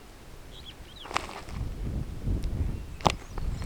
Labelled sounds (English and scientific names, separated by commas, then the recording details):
Superb Starling (Lamprotornis superbus) flight call
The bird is a female
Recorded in Kenya on 8 June 2010
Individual 85, of group SRB1